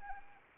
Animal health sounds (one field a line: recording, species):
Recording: mosquito wingbeat signal from an infrared sensor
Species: Anopheles arabiensis